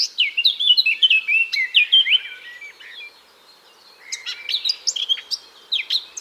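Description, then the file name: Eurasian blackcap delivering a quick, tumbling warble of sliding whistled notes, a short lull, then another bright chattering phrase. "Sylvia atricapilla"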